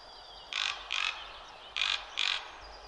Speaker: Zobaczcie i posłuchajcie mojego spotkania z krukami.